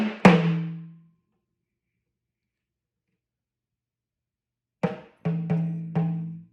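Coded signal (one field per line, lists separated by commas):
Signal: talking drum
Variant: Yoruba sakara drum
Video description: Playing "Toun t’Erin ni o lọ" with the Yoruba Orunsha Sakara talking drum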